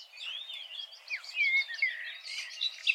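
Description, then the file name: Common nightingale singing a varied run of curved, whistled and slurred notes, some rising and falling, with brief buzzy bits and a louder burst near the end. "Luscinia megarhynchos"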